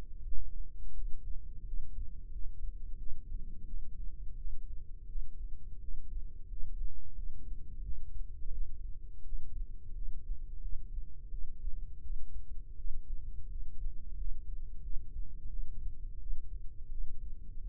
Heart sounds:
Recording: heart sounds by microphone in the right ear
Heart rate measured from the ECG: 86 bpm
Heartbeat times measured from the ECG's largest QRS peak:
0.23 s: heartbeat
0.93 s: heartbeat
1.64 s: heartbeat
2.31 s: heartbeat
2.97 s: heartbeat
3.65 s: heartbeat
4.35 s: heartbeat
5.06 s: heartbeat
5.79 s: heartbeat
6.47 s: heartbeat
7.14 s: heartbeat
7.82 s: heartbeat
8.51 s: heartbeat
9.23 s: heartbeat
9.93 s: heartbeat
10.60 s: heartbeat
11.29 s: heartbeat
12.01 s: heartbeat
12.75 s: heartbeat
13.48 s: heartbeat
14.15 s: heartbeat
14.81 s: heartbeat
15.48 s: heartbeat
16.18 s: heartbeat
16.89 s: heartbeat
17.61 s: heartbeat
From the record:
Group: healthy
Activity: rest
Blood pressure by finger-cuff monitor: 81/48 mmHg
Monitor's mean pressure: 62 mmHg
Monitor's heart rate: 86 bpm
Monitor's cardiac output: 8 L/min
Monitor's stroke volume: 92 mL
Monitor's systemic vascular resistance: 530 dyn s/cm5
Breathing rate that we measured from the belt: 15 breaths a minute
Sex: female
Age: 22 years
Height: 161 cm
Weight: 65.5 kg

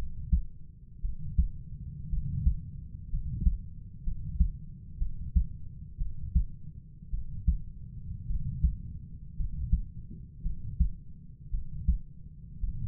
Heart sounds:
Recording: heart sounds by stethoscope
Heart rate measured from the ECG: 57 bpm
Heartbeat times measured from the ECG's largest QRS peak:
1.02 s: heartbeat
2.10 s: heartbeat
3.10 s: heartbeat
4.04 s: heartbeat
4.98 s: heartbeat
5.98 s: heartbeat
7.11 s: heartbeat
8.27 s: heartbeat
9.36 s: heartbeat
10.43 s: heartbeat
11.51 s: heartbeat
12.60 s: heartbeat
From the record:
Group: healthy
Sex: male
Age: 25 years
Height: 170 cm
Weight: 70.4 kg

